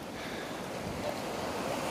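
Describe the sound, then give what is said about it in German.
Ocean waves wash onto the beach on Sylt in a steady, hissing roar with no clear individual breaks, mixed with some gusty wind noise and no voices. “Ja, am Meer.”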